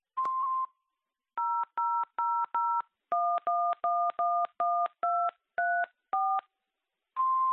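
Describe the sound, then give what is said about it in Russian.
A steady electronic answering-machine beep opens, followed by a quick run of eleven dual-pitched keypad tones in uneven rhythm, then another long beep at the end. There is no talking. “Оставьте, пожалуйста, ваше имя и номер телефона после звукового сигнала.”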